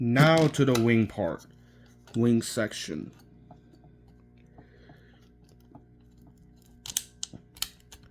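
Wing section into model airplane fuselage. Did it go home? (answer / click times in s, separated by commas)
yes / 7.0 s, 7.2 s, 7.6 s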